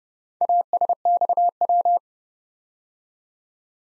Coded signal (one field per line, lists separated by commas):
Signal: Morse code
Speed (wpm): 30 wpm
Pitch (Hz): 700 Hz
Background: none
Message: ASXW